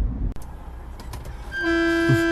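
Low traffic rumble gives way to the horn of the car doing the filming, honking in one long, steady, loud blast with a buzzy, mid-pitched tone that holds until the end.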